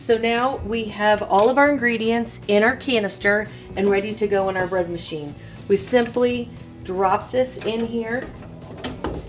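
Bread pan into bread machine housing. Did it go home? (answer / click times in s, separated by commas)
yes / 8.8 s, 9.1 s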